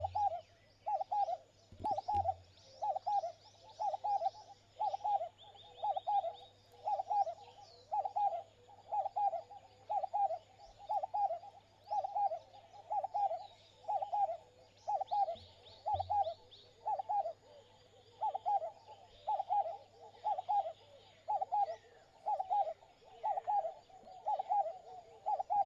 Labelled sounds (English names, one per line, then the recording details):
Vinaceous Dove
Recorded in northern Uganda